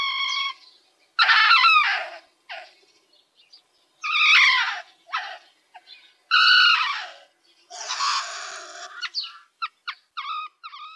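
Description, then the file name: Pine marten uttering loud, strained, harmonic screeches and rasping calls in irregular bursts separated by silences, ending with a quick run of short notes. "Baummarder Martes martes"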